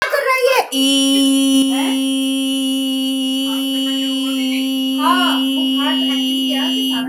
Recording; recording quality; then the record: sustained vowel as in beet; excellent, no background noise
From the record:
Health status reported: recovered from COVID-19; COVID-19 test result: negative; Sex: female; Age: 21 years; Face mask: not worn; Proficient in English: yes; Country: India